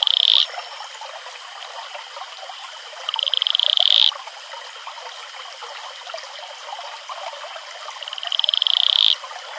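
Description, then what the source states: Atelopus franciscus advertisement calls: three rapid pulsed trills spaced several seconds apart, the first cut off at the start, the others growing louder before ending sharply, against continuous rushing water. Male advertisement call.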